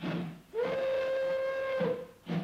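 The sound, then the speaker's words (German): A steam train whistle at Charing Cross railway station blows one long, steady high-pitched tone lasting over a second, rich in overtones and surrounded by breathy hiss at the start and end. “Und eine Droschke, herbeigerufen mittels eines Glöckchens, fuhr sie rasch zum Bahnhof Charing Cross.”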